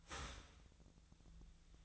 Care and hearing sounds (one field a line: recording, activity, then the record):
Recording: daily activity, microphone in the room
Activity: start toaster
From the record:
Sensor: 3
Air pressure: 1009.2 hPa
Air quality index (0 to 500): 197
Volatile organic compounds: 16 ppm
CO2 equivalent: 2552 ppm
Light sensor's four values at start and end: 32/80/34/36 and 32/80/34/36